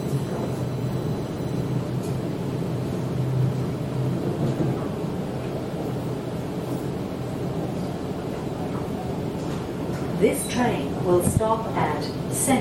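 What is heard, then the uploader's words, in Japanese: A ride on a Sydney train heading into the city, with a steady low rumble of the carriage running throughout. Murmured voices sit under the noise, and near the end, around ten seconds in, a few brighter clanks and squeals cut through. Go to City by Sydney Train 電車でシドニー市内に向かう。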